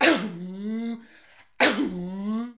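Two acted adult coughs, each a sharp burst trailing into a voiced, tonal vocal tail.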